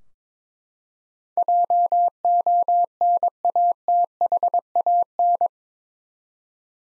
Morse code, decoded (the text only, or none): JONATHAN